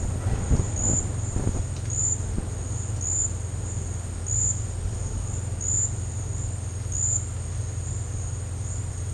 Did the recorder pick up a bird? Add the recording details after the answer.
no. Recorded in dense forest near Puerto Asís, Putumayo, Colombia, on 26 December 2024 at 10:00. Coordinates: 0.468, -76.322. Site G071